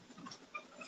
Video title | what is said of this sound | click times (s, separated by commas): Thursday night live | It comes up here like this, and then it locks in place. | 0.6 s